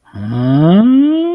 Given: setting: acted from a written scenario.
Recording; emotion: vocal sound without words; confusion